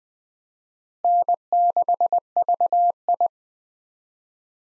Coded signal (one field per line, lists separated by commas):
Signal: Morse code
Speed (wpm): 20 wpm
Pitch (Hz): 700 Hz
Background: none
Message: N6VI